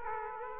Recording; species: mosquito wingbeat signal from an infrared sensor; Aedes aegypti